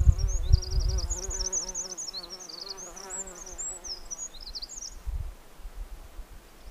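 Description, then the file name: Eurasian wren singing a fast, high, tumbling sequence of trills and warbles for about five seconds, accompanied by a wavering, buzzing insect drone and some wind. "Troglodytes troglodytes"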